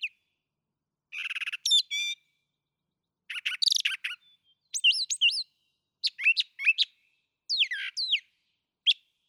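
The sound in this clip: Brown thrasher song: a long string of varied, rich phrases, buzzy trills, sharp notes and slurred whistles, given in short bursts with brief pauses between them.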